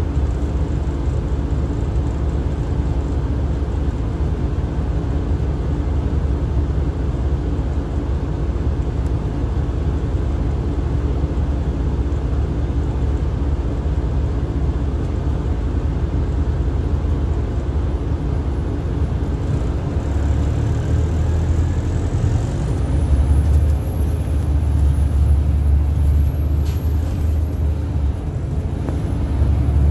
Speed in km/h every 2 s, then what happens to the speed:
0, 0, 0, 0, 0, 0, 0, 0, 2, 8, 11, 19, 27, 35, 40.
0-17 standing. 17-30 pulls away to 40.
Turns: none.